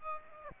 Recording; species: mosquito wingbeat signal from an infrared sensor; Aedes aegypti